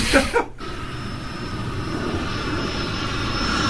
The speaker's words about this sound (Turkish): Uçak. Doğru.